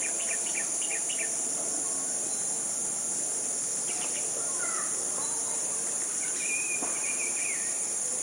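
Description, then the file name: Metallic-winged Sunbird giving short high chirping notes in small clusters, with a few thin slurred whistles later, over a constant loud shrill insect drone. Recorded in the Philippines on 23 November 2009. "Aethopyga-pulcherrima Philippines"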